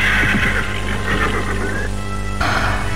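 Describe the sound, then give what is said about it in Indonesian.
A horse whinnies loudly in a shrill, wavering cry that trails off as a woman riding it suddenly jerks its reins, then a second sharp neigh bursts out near the end, with no voices present. “Maka dengan tiba-tiba, perempuan cantik itu menghentakkan tali kekang kudanya.”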